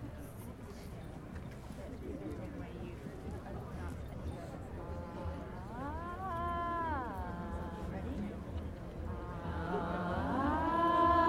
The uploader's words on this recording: Stonehenge Solstice 2023 - a Neolithic Soundscape. This summer solstice I headed to Stonehenge to capture the mood of the place.